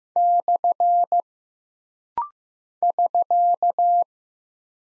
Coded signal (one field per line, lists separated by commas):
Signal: Morse code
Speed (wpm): 15 wpm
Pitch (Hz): 700 Hz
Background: none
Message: / <SK>